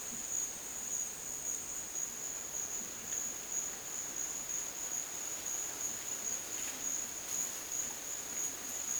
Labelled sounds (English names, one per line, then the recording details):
none
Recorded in dense forest near Puerto Asís, Putumayo, Colombia, on 25 June 2025 at 13:00
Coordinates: 0.484, -76.325
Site H65